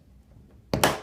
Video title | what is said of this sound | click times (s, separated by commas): Gutter Bookshelf DIY | Then all you have to do is pull down here and they snap into place. | 0.7 s, 0.8 s